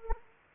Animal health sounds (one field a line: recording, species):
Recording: mosquito wingbeat signal from an infrared sensor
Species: Anopheles gambiae